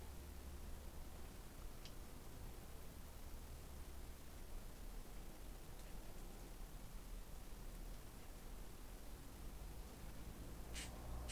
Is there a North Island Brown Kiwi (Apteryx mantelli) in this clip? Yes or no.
no